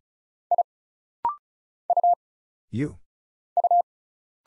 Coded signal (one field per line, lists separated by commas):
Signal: Morse code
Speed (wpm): 35 wpm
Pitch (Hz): 700 Hz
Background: none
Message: I U U